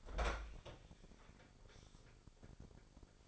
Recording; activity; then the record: daily activity, microphone in the room; open fridge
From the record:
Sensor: 5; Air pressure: 995.3 hPa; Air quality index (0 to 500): 84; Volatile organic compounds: 4 ppm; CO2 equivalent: 1566 ppm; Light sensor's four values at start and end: 35/84/34/35 and 38/91/37/38